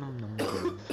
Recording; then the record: coughing mixed with background sound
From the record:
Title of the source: Coughing 77